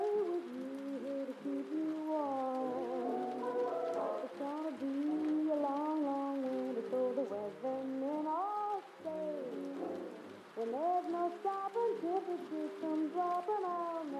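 Oldies play from another room, sounding muffled and dull, with melodic lines moving up and down through the lows and mids. A steady, soft hiss of rain sits underneath throughout. The music holds an even level, dipping briefly around nine and ten seconds.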